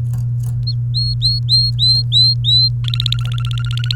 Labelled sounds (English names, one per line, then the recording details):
Domestic Canary song
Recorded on 29 April 2018 at 10:24
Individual llb3